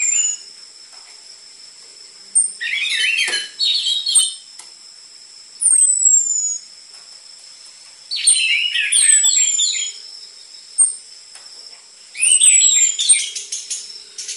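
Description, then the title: Orange-headed thrush song: dense bursts of jumbled warbling phrases every few seconds, separated by single high descending whistles, against a continuous thin high whine. Energetic (gacor) lure (pancingan) and master song material for training caged orange-headed thrushes; dense filler song ('isian rapat'), suited to young spotted 'trotol' birds. "PANCINGAN Anis Merah Gacor Materi Isian Rapat Cocok Untuk MASTERAN Anis Merah TROTOL"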